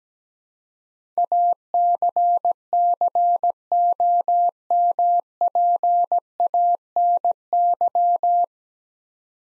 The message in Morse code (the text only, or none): ACCOMPANY